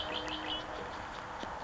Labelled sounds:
Red-winged Blackbird
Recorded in Sonoma County, California

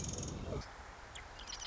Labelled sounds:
Marsh Wren
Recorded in Sonoma County, California

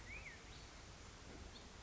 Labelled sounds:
Black-headed Grosbeak
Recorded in Sonoma County, California

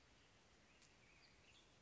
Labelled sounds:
Western Tanager
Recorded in Sonoma County, California

